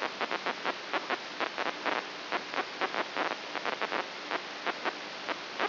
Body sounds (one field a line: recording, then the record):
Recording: brain microelectrode recording played as sound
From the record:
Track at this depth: inside the subthalamic nucleus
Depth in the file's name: 4.84 mm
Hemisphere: right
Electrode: 2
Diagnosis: Parkinson's disease